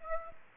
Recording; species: mosquito wingbeat signal from an infrared sensor; Aedes aegypti